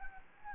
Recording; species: mosquito wingbeat signal from an infrared sensor; Anopheles gambiae